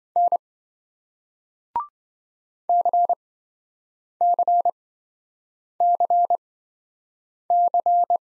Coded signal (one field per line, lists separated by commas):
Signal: Morse code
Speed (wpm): 28 wpm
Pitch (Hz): 700 Hz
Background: none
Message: N CCCC